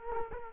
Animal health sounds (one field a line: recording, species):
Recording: mosquito wingbeat signal from an infrared sensor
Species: Culex quinquefasciatus